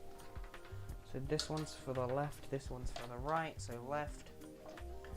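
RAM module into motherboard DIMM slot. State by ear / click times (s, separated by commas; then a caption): not seated / none. A RAM module is handled before being reseated into the left DIMM slot of a motherboard, while someone talks over background music. Brief, faint ticks occur at about 0.5, 4.8 and 5.1 seconds. Nothing has seated or clicked yet.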